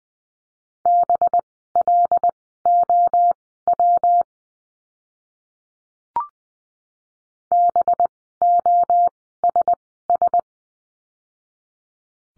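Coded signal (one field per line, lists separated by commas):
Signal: Morse code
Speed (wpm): 20 wpm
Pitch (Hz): 700 Hz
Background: none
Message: BLOW BOSS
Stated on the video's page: Morse course lesson, letter B words, at Farnsworth speed of 20/10 wpm.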